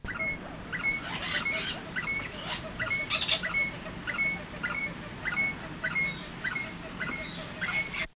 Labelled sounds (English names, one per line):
Green Rosella call